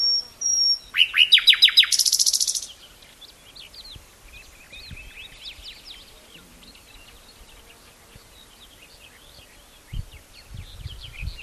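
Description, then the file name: Common nightingale song opening with a high whistle, then a quick series of loud repeated notes ending in a dense rattle; faint twittering continues afterward. "Luscinia megarhynchos"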